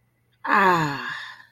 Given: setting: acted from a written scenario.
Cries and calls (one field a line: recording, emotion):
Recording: vocal sound without words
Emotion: contentment